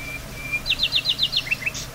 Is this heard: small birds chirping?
yes